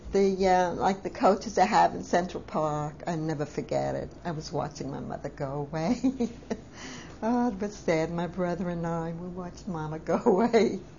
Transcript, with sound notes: Like the coaches and they have in Central Park. I'll never forget it. I was watching my mother go away. (she laughs) Oh, it was sad. My brother and I were watching Mama go away.